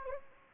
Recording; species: mosquito wingbeat signal from an infrared sensor; Anopheles gambiae